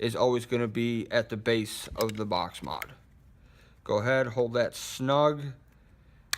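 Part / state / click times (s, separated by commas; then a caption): battery compartment cover latching onto a box mod body / seated / 6.3 s. Someone talks while holding the battery cover of a Smok GX 2/4 box mod snug, with its clip in the front slot at the base of the box mod, and pushes the latch button in. A short, sharp click sounds at 6.3 s as the battery door latches shut, seating the cover closed on the box mod body.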